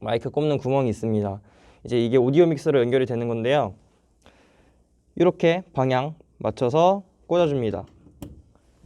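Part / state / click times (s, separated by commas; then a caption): XLR mic cable plug into studio wall jack / seated / 8.2 s. A man talks while an XLR mic cable plug is lined up and pushed into a microphone jack on a studio wall, a jack that connects to the audio mixer. After the talking stops, a short sharp click at 8.2 s marks the plug seating in the jack, followed by a faint tick.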